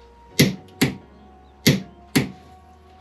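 A Halfords Advanced 3/8-inch click-type torque wrench, held on an adapter in a tiny vise and set to 50 Nm, is pulled until it clicks. Four sharp, clean clicks are heard at 0.4, 0.8, 1.7 and 2.2 seconds, with quiet background between them. The wrench clicks reliably at its 50 Nm setting.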